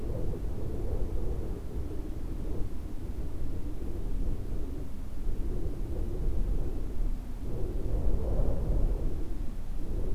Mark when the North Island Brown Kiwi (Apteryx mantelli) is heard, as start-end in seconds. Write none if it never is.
none